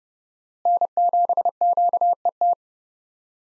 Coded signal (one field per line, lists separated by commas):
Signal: Morse code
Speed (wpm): 30 wpm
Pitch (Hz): 700 Hz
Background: none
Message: N7QET